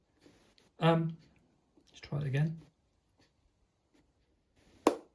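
On a second try, a screw is turned anticlockwise by finger in a threaded hole on a Honda GB350 motorcycle panel during installation of an OEM USB charger, while someone talks. A sharp click at 4.9 s shows the thread has dropped into engagement, and the screw is seated with no risk of cross-threading.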